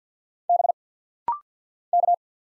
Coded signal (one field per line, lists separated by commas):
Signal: Morse code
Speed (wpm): 50 wpm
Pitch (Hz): 700 Hz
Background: none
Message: B K